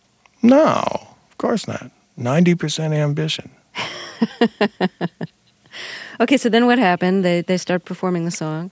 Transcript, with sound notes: No, of course not - 90% ambition.
(Laughter) OK, so then what happened? They start performing the song?